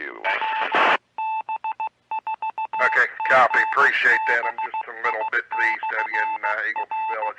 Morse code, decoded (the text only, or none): WB4GBI/R